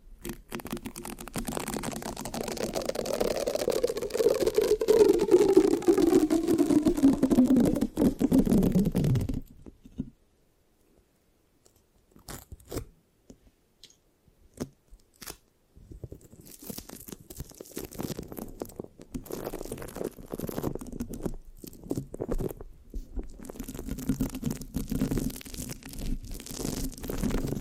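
Microphone scratching with a sticky, crackling texture, dense and scratchy for the first ten seconds under a low tone that slides downward. A near-silent stretch follows with sparse clicks, then scratching resumes from about sixteen seconds, choppier and more uneven to the end.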